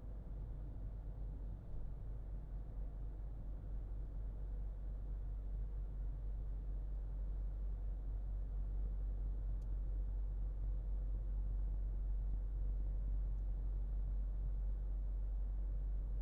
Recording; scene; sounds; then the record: everyday scene through a hearing-aid microphone; in a vehicle; engine, highway driving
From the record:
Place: Berlingo II, diesel engine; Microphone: in the ear canal, left